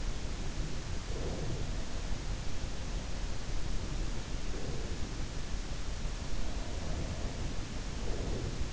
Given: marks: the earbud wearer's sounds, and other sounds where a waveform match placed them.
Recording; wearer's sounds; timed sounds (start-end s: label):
sounds in sleep by an in-ear microphone; breath
0.34-2.39 s: breath
2.89-5.33 s: breath
5.98-8.72 s: breath